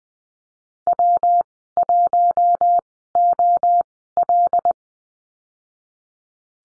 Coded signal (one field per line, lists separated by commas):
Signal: Morse code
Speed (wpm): 20 wpm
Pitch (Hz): 700 Hz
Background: none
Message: W1OL